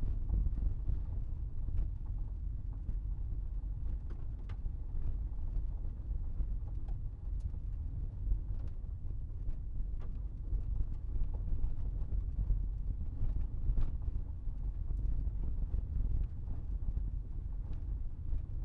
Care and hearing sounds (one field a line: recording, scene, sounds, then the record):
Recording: everyday scene through a hearing-aid microphone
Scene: in a vehicle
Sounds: engine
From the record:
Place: Berlingo II, diesel engine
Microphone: behind the ear, right, rear